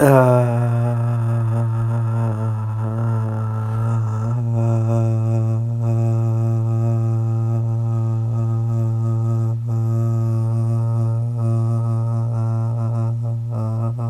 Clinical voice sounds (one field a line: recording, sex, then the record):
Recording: sustained vowel /a/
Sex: male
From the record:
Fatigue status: no fatigue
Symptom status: asymptomatic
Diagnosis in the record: COVID-19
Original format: m4a